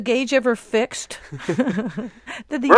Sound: laughter